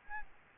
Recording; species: mosquito wingbeat signal from an infrared sensor; Aedes albopictus